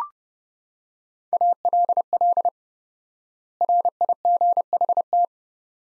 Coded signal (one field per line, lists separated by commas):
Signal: Morse code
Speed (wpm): 30 wpm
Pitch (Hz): 700 Hz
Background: none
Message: ALL RIGHT